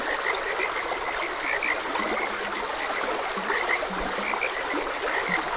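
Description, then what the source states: Frogs croaking, short bright chirping notes scattered irregularly with a few deeper croaks, all over a steady rush of flowing stream water. Frogs croaking beside a gentle stream.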